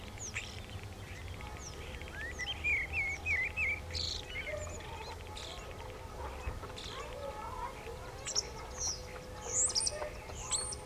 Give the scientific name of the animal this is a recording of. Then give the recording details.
Turdus merula. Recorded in the wild. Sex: male. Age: adult. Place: Bielefeld-Mitte, Nordrhein-Westfalen, DE. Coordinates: 52.0081, 8.5475. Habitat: residential district. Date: 1968-05-04. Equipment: Uher 4000 Report-S, Bändchenmikro Beyer M 260, Parabolspiegel Polyester (470 mm). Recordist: Conrads, Klaus